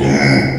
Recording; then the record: squeal of a Yucatan mini pig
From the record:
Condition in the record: before surgery on the right vocal fold (resection and tissue-engineered implant); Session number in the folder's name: 2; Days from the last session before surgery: 0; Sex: male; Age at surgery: 12 weeks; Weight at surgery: 13 kg